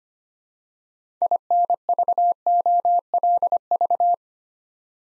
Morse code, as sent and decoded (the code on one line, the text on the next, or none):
.. -. ...- --- .-.. ...-
INVOLV